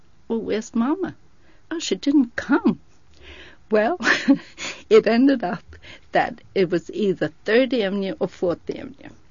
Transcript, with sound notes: "Well, where's Mama?" "Well, she didn't come." ( she laughs ) Well, it ended up that it was either Third Avenue or Fourth Avenue.